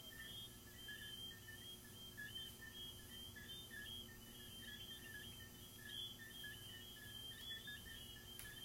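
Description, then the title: Crickets giving unbroken rapid chirping at two pitches, a couple of faint clicks, and a constant low hum underneath. Crickets recorded in the recordist's garden. "Asmr crickets"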